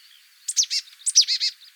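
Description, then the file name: Marsh tit calling two quick clusters of sharp, explosive high notes, each cluster of three or four notes, over a faint high hiss. "Poecile palustris"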